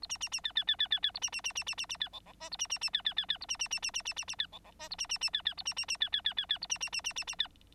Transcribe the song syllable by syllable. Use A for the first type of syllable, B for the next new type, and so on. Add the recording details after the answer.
A B B B C C C C C C A B B B B B B B C D D E A B B B C C C C A B B B B B B B B C D D E A B B B C C A B B B C C C C C A B B B B B B C. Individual Bird9